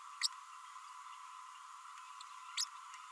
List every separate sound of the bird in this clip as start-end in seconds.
0.23-0.27, 2.57-2.64